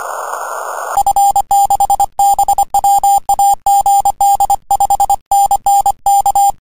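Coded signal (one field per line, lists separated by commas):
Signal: Morse code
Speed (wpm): 25 wpm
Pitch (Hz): 800 Hz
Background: none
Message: F6BWA GD 5NN K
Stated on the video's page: HF CW contacts on 28.033 MHz with European stations.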